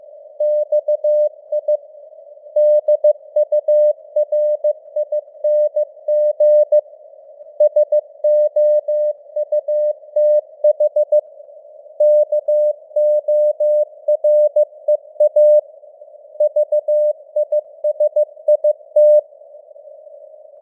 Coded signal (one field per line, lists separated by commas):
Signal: Morse code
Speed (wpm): 15 wpm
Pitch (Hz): 600 Hz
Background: none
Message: XI DURING SOUTH KOREA VISIT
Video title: Morse Code News | 2025-10-14 | 15wpm